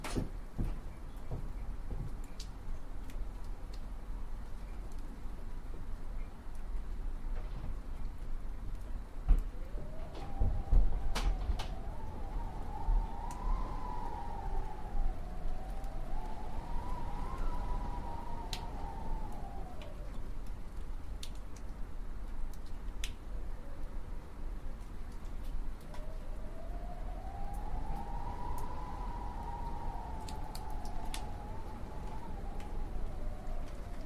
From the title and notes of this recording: Howling Winds. This immersive audio track captures the eerie and haunting sound of winds as they blow through trees, buildings, and across landscapes.